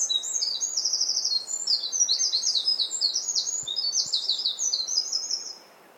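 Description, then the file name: Eurasian wren singing a fast, shrill cascade of trills and ticks that stops sharply near the end, leaving quiet. "Troglodytes troglodytes"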